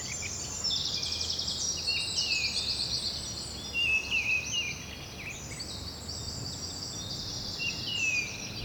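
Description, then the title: Birds in a dense chorus of rapid high twitters and trills, with short whistled notes mixed in. Bird ambience at Rue du Rossignol, Seneffe, Belgium; recorded with Sony PCM-D100 internal microphones. "Rue du Rossignol 7, 7180 Seneffe, Belgique - Birds ambience"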